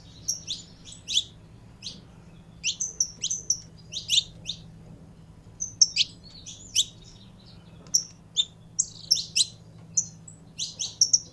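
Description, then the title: Belgian canary with spaced, quick high chirps and brief bursts, irregularly timed, fairly soft against a low background hum. Song of a purebred Belgian canary. "Canto Do Canário Belga Puro"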